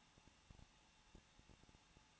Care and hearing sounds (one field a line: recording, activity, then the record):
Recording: daily activity, microphone in the room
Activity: no activity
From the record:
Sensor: 1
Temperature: 20.1 degrees Celsius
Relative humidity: 39.1%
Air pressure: 1006.4 hPa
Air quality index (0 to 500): 216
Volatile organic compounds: 73 ppm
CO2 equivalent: 3549 ppm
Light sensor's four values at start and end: 1/2/1/1 and 1/2/1/1